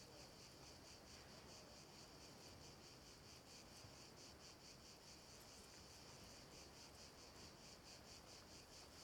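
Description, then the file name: Cicadas in a steady night chorus, a high buzzing band pulsing throughout, with faint low noise underneath. "Ambience Cicadas Night"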